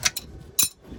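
A torque wrench tightens a crank pulley bolt that was repaired with JB Weld, working it until the wrench reaches its set foot-pounds. Two faint short ticks at 0.1 and 0.2 s come before a sharp, bright click at 0.6 s. That click confirms the wrench has reached its torque setting.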